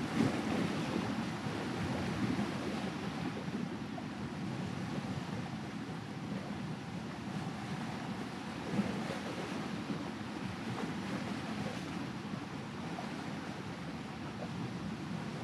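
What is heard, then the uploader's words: Ocean ambience of waves on an island shore, a steady, dense wash that holds an even level throughout. The sound sits mostly low and full, with a soft hiss above and small swells near the start and around nine seconds. Ocean Ambience on a Tropical Island (Maldives) with Soothing Waves.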